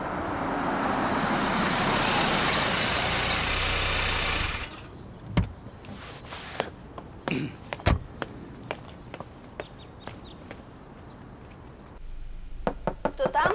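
A car rolls up to a country estate with a steady, rushing engine rumble that cuts off after a few seconds, followed by scattered sharp clunks and knocks like doors and footsteps.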